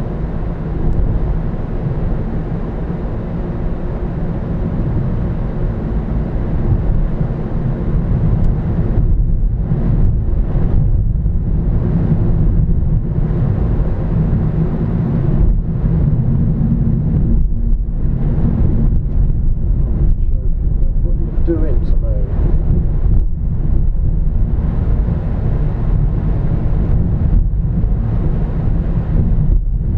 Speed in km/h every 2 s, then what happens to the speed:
50, 52, 53, 55, 53, 52, 52, 52, 50, 40, 31, 21, 23, 27, 29.
0-15 steady at about 52. 15-21 brakes to 21. 24-30 speeds up to 29.